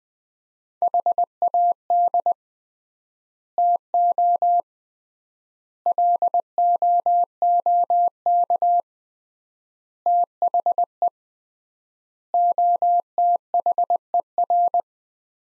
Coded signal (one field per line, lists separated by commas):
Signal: Morse code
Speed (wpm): 21 wpm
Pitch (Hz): 700 Hz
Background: none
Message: HAD TO LOOK THE OTHER